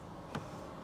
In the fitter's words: locks into place like that